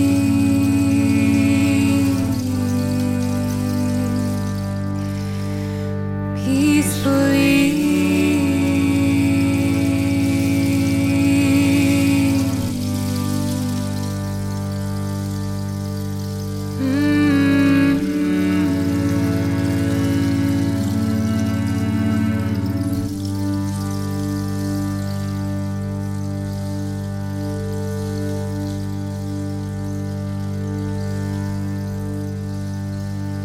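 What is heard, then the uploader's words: A sound bath of deep, sustained ringing tones that swell and are struck anew roughly every five seconds, layering into a steady hum. Sound bath.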